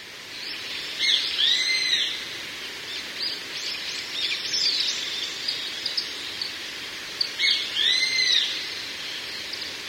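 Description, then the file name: Grey-faced buzzard giving two drawn-out, arching whistled calls several seconds apart over a dense high hiss and scattered small chirps. "sasiba"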